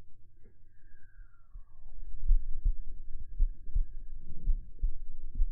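Low, dull paired thumps, lub-dub, set in after a brief gliding whistle and some handling noise. They repeat about once a second, roughly 55 beats a minute, in a steady rhythm. Heartbeat heard directly from the chest.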